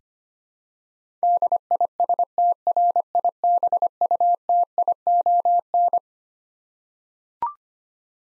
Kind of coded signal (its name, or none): Morse code